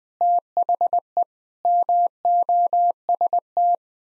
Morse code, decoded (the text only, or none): THE MOST